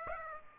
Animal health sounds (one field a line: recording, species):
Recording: mosquito wingbeat signal from an infrared sensor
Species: Aedes aegypti